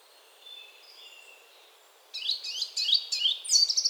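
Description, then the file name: Eurasian blackcap: faint thin whistles, then a songbird, likely a Eurasian blackcap, breaks into a loud fast warble halfway through, over a steady background hiss. "Sylvia atricapilla"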